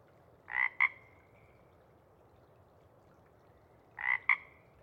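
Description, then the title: Pacific chorus frog giving loud, clear two-note ribbits, a raspy first note and a sharp second, repeated twice about three and a half seconds apart, little else heard. Sparse chorus just before dawn as twilight breaks; most of the group has gone back to burrow and sleep, a few individuals still calling to attract a mate. "Chorus Frogs, Sparse, pre-Dawn"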